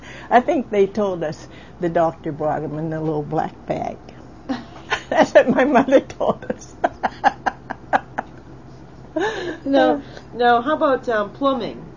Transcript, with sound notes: I think they told us the doctor brought him in the little black bag. (both laugh) That's what my mother told us (laughs)
Now how bout plumbing?